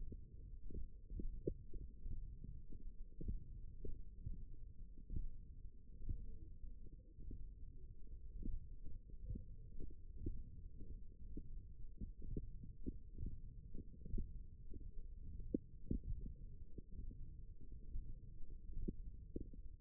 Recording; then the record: forearm muscle sounds (acoustic myography)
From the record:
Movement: tripod grip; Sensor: system 1, eight BSWA MPA416 microphones around the upper forearm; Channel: 4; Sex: male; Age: 23 years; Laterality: right